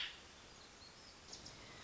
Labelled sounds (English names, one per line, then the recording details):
Hermit Thrush
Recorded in Sonoma County, California